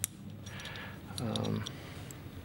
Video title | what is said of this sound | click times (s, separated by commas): Extractors! | so snap that sucker on it snaps in easily | 0.0 s